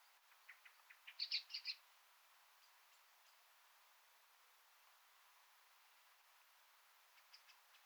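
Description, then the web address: Common blackbird calls: a quick cluster of sharp, high chinking notes, several in a row, then a long pause with a few faint ticks near the end. "SETE Turdus merula"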